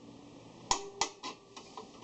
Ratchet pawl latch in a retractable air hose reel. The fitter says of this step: and it does hold itself now if you go you got to listen for the click